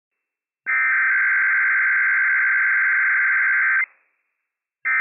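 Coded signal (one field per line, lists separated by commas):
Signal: Emergency Alert System (SAME) tones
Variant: header bursts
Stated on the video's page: Emergency Alert System Required Monthly Test from county emergency management, recorded from operational tones off NOAA weather radio station WWF56.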